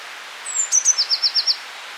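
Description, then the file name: Eurasian blue tit song: high, thin lead-in notes sliding into a brisk run of about five clear trilled notes. "Cyanistes caeruleus"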